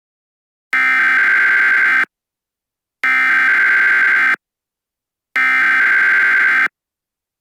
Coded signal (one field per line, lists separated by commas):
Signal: Emergency Alert System (SAME) tones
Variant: header bursts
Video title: EAS Scanerio #1 Midnight Fire